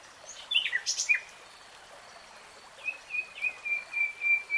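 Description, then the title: Nightingale song: a burst of quick descending whistles, a pause, then a long steady whistled phrase of pulsing repeated notes. Nightingale singing, in real time. "[Tiếng chim hót] 3 Hours REALTIME Nightingale Singing"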